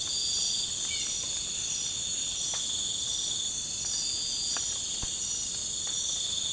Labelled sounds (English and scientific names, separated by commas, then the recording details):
none
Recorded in pastures near Puerto Asís, Putumayo, Colombia, on 20 December 2024 at 01:00
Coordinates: 0.466, -76.322
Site G040